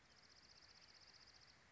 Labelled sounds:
Dark-eyed Junco (Junco hyemalis)
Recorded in Sonoma County, California

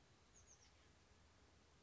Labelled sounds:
Oak Titmouse (Baeolophus inornatus)
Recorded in Sonoma County, California

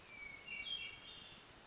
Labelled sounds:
Hermit Thrush (Catharus guttatus)
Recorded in Sonoma County, California

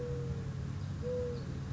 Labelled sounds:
Mourning Dove (Zenaida macroura)
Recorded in Sonoma County, California

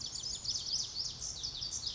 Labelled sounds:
Pacific Wren (Troglodytes pacificus)
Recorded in Sonoma County, California

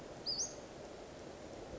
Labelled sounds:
Western Flycatcher (Empidonax difficilis)
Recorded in Sonoma County, California

